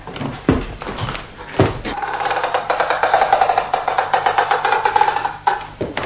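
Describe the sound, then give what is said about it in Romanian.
A door leading from an entrance hall into a bathroom creaks open: a couple of sharp clunks from the latch, then a long, wavering, mid-pitched hinge creak lasting a few seconds, ending with another thud. “După ușă e baia. Să intrăm.”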